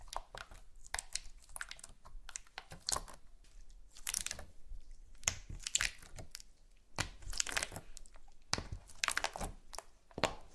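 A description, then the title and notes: Slime being squeezed and pressed, with a rapid run of sharp, bright squelches and clicks that come in irregular bursts. Louder crackling clusters arrive around four, seven and nine seconds, with quieter sticky pops in between and a faint low hum underneath. ASMR SLIME No Talking Satisfying slime Sounds.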